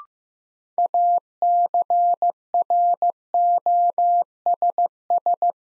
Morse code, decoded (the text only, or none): ACROSS